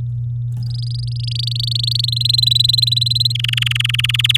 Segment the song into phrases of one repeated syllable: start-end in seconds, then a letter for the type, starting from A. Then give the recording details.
0.62-2.06 A, 2.08-3.32 B, 3.35-4.21 C, 4.24-4.37 D. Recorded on 9 May 2018 at 13:20. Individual llb16